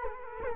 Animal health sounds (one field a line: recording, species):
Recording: mosquito wingbeat signal from an infrared sensor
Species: Culex quinquefasciatus